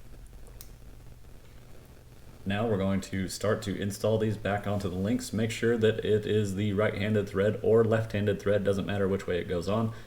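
A metal pivot ball is pressed with pliers into the second new plastic rod end of an RC crawler suspension link, and it snaps into place with a sharp click at 0.6 s. A couple of small ticks come just before it. From about 2.5 s onward, someone talks.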